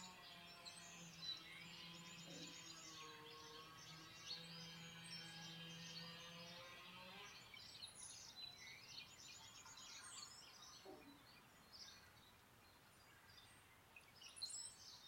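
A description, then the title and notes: Birds chirp and twitter over a steady wash of rain-like hiss that fills the whole clip. For the first seven seconds a low, sustained hum with stacked tones runs underneath, then fades, leaving busier bird calls and scattered taps toward the end. Birds and Rain, sounds of Nature.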